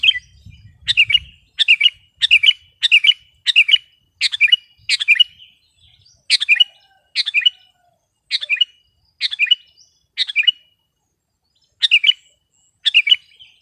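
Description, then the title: Sooty-headed bulbul song, a bright chirpy phrase repeated many times with a couple of brief pauses, and a brief low rumble at the start. "kutilang"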